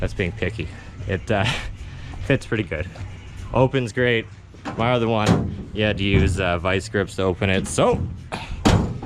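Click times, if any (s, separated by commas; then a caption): 8.7 s. Someone talks while a used junkyard OBS tailgate, newly installed on a pickup truck, is swung closed. Its latch catches on the bedside striker with a loud, satisfying click at 8.7 s, followed by a softer knock at 9.0 s. The tailgate is seated and latched shut.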